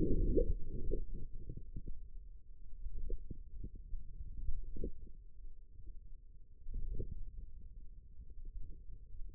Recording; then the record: forearm muscle sounds (acoustic myography)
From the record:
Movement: finger pinch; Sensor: system 2, bracelet of six BSWA MPA416 microphones around the upper forearm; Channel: 3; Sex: male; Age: 22 years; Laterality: right